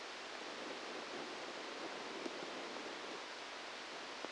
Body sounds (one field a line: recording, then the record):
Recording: brain microelectrode recording played as sound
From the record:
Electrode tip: outside the subthalamic nucleus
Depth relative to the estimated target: -2 mm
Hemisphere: left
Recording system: NeuroSet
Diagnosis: Parkinson's disease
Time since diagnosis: 10 years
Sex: male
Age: 63 years